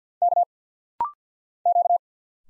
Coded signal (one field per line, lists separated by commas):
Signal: Morse code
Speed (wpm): 50 wpm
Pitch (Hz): 700 Hz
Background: none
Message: K Q